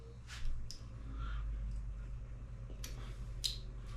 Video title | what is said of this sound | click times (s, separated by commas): I Fixed the Stove… But Did It Actually Work? 😳🔥 | Got a click. | 3.5 s